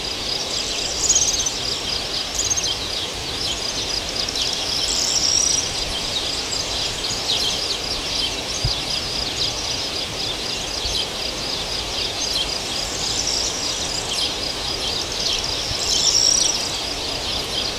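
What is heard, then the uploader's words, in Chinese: Woodland beside a reservoir fills with a dense, steady chorus of insects, a bright shimmering buzz that never lets up. Brief high bird chirps cut through around one, five and sixteen seconds, over a faint low rumble of wind. 水库旁的丛林_葡萄牙阿拉约洛斯埃武拉。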